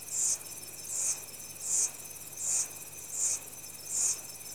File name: CENTRAL AFRICA REPUBLIC- Insects, early evening, tropical rainforest